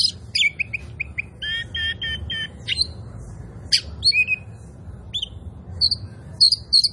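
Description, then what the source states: Oriental magpie-robin song: sharp whistled notes and a run of repeated buzzy rattling phrases, then scattered high chirps over a low steady hum. Local Indonesian name kacer poci; described as gacor, singing vigorously.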